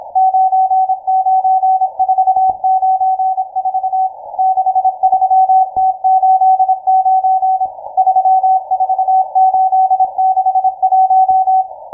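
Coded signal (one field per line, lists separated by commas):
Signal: Morse code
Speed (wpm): 26 wpm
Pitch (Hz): 760 Hz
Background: none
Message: 99494 63T89 34861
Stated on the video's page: Morse station M12 on 12187.00 kHz, received via the University of Twente WebSDR.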